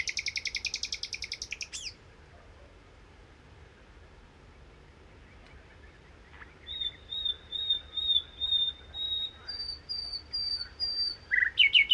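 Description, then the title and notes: Common nightingale song: a loud rapid churring phrase, a few seconds of quiet, then a series of slow pure whistles building toward sharper notes. Recorded 1 May 2019 in the Crau, Bouches-du-Rhône, France, on a Nagra Seven with cardioid MKH8040 and omnidirectional MKH8020 microphones, comparing the two pickup patterns. "Crau - Bouches du Rhône. Rossignol philomèle"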